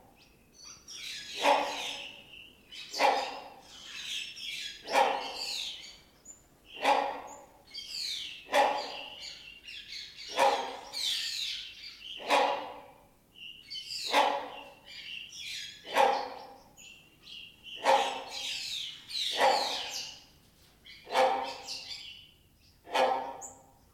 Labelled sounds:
Great Hornbill

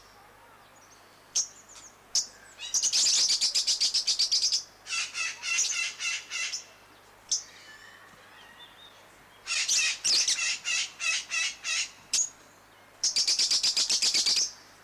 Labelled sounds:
Fischer's Lovebird call

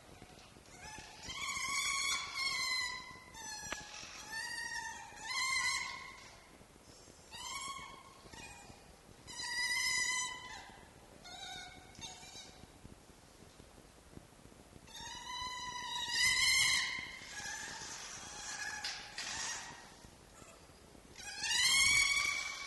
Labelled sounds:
Red Fox

